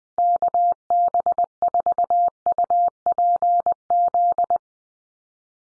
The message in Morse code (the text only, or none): KB4UPZ